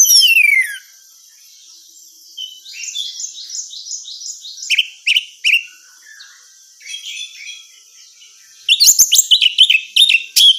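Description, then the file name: Orange-headed thrush singing a rich medley: falling whistles, a run of repeated chirping notes, then scratchy notes and a final rapid series of high trills. Female; recording meant for therapy or training. "suara terapi anis merah betina"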